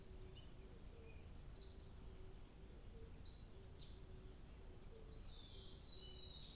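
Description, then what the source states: Bird song: high, quick chirps and whistles, while a lower note repeats regularly in the background over a low, steady hum. 2 July 2023.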